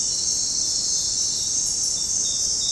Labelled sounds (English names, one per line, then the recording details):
none
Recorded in dense forest near Puerto Asís, Putumayo, Colombia, on 21 February 2024 at 01:00
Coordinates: 0.503, -76.322
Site G6418